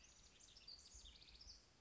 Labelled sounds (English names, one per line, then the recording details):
House Wren
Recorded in Sonoma County, California